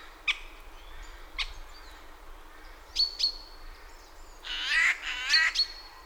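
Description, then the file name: Eurasian jay: scattered sharp clicks and thin high whistles, then a Eurasian jay's pair of rasping screeches near the end. "Garrulus glandarius"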